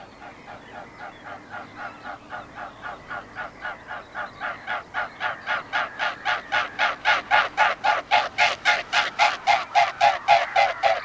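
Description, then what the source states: Mute Swan wingbeats, a rhythmic throbbing whoosh about three or four beats per second, growing steadily louder throughout. Field recording.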